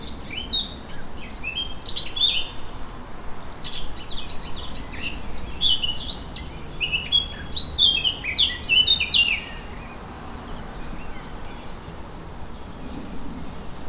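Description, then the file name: Eurasian blackcap song: a long run of quick, varied chirps and scratchy twitters over a soft steady background hiss. "Sylvia atricapilla"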